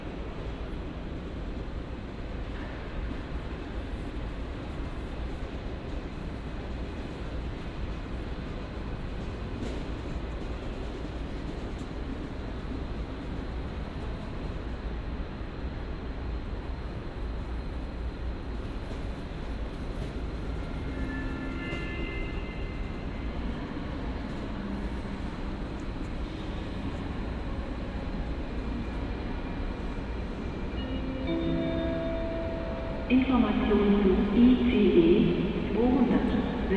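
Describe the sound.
Trains and people at Cologne Central Station, with a steady low rumble and murmur filling most of the clip. Brief tonal sounds appear around 21 and 31 seconds, and from about 33 seconds a louder burst of voice-like sound rises above the din.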